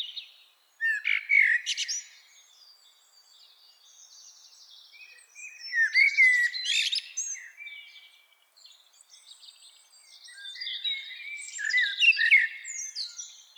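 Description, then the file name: Common blackbird song, three bursts of mixed whistles and high scratchy twitters separated by quieter stretches. "Turdus merula"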